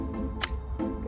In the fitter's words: hear that click it's tight enough